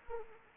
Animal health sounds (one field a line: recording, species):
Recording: mosquito wingbeat signal from an infrared sensor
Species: Anopheles arabiensis